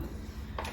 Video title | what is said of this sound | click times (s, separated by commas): Unboxing & Assembling UPPAbaby Vista V2 Stroller & Mesa Carseat [UNSPONSORED] | so it's gonna go in the front make sure it clicks in | 0.6 s